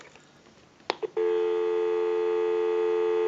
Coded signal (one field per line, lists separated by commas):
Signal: telephone call progress tone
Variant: North America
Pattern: dial tone